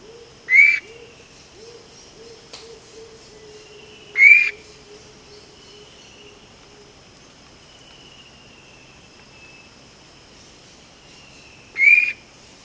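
Vogelkop bowerbird with short sharp rising whistles, three spaced several seconds apart, over faint thin whistles and soft low repeated notes.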